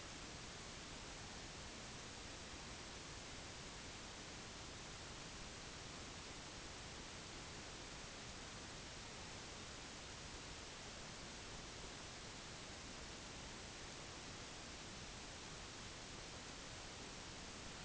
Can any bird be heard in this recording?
no